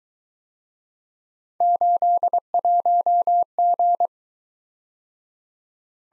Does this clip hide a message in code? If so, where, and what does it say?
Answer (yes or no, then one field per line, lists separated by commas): yes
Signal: Morse code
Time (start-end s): 1.6-4.1 s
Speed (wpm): 23 wpm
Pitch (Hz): 700 Hz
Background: none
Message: 81G